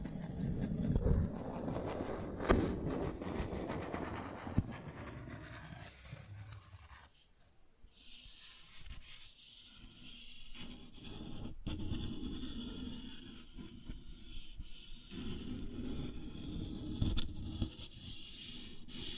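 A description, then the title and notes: Cardboard is scratched and rubbed in a dense, rough rasping that is heaviest and lowest through the first six seconds, with a sharp snap near 2.5 seconds. After a brief lull around 7–8 seconds, brighter, hissier scraping resumes with occasional sharp clicks. Cardboard Scratching, Tracing, Tearing.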